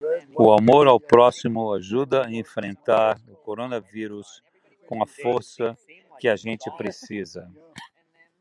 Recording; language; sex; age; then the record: spoken sentence; Brazilian Portuguese; male; 60 to 69 years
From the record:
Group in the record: control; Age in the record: 63 years